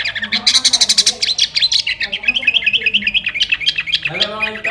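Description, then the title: Sooty-headed bulbul pouring out a fast, varied chatter of sweet and buzzy notes. "Kutilang"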